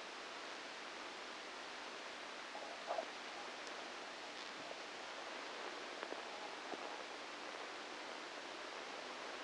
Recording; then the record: brain microelectrode recording played as sound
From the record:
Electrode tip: outside the subthalamic nucleus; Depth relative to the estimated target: 0 mm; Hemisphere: left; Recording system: NeuroSet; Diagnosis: Parkinson's disease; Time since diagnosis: 9 years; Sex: female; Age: 51 years